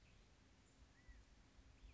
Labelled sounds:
California Quail (Callipepla californica)

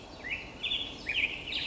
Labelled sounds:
Black-headed Grosbeak (Pheucticus melanocephalus)

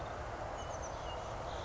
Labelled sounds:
Oak Titmouse (Baeolophus inornatus)

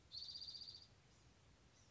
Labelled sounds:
Spotted Towhee (Pipilo maculatus)

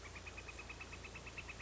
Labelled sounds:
Northern Flicker (Colaptes auratus)

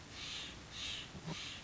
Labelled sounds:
Steller's Jay (Cyanocitta stelleri)

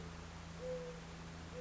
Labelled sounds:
Mourning Dove (Zenaida macroura)

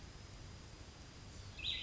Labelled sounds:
Cassin's Vireo (Vireo cassinii)

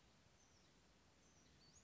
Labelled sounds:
Western Flycatcher (Empidonax difficilis)

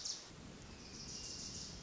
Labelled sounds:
Wilson's Warbler (Cardellina pusilla)

